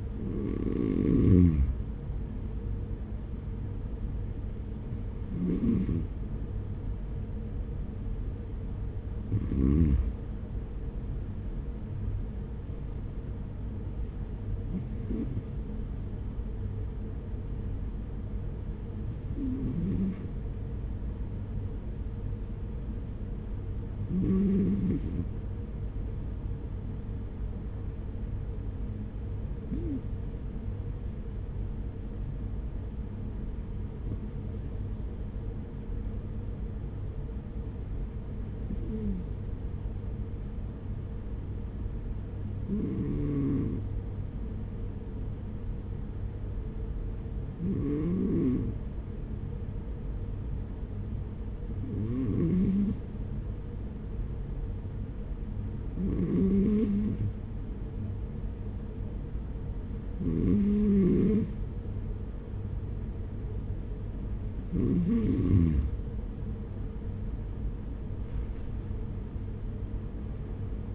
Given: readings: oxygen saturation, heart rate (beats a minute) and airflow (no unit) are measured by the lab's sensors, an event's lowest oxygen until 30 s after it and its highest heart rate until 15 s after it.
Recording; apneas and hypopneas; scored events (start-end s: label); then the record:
breathing in sleep by a smartphone at the bedside; 1
18.00-64.90 s: hypopnea (N2, oxygen 95% highest, then 92% lowest, heart rate 48 at the start, 68 highest)
From the record:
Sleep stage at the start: N2 (light sleep); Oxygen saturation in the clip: 92 to 95%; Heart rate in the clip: 44 to 52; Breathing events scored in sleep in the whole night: 210 in 6.9 hours asleep